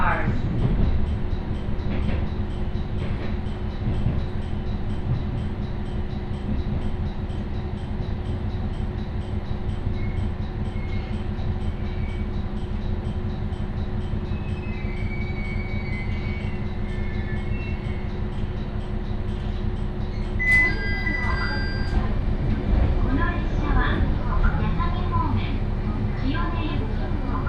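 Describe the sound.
A ride aboard the Ibara Railway train, with a steady low rumble and a constant hum running throughout. Faint clicks and rattles recur, and around twenty seconds a brief high squeal and clatter stand out before the even drone resumes.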